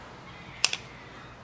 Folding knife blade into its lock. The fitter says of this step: still locks into place flick it open